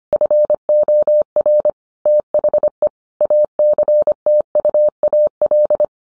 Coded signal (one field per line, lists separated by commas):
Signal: Morse code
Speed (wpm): 25 wpm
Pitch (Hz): 600 Hz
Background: none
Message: FOR THE ACTUAL